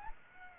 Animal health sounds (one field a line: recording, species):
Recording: mosquito wingbeat signal from an infrared sensor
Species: Aedes aegypti